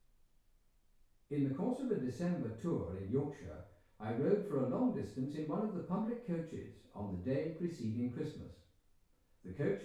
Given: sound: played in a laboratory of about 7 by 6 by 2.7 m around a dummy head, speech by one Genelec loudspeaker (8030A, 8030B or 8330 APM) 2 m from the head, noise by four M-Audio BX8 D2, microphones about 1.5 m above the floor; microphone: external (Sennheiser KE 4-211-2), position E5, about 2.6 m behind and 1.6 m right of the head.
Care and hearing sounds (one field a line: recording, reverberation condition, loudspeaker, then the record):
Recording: male speech in English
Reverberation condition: medium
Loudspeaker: 120 degrees to the right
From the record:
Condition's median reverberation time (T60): about 510 ms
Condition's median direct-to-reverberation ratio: about -0.5 dB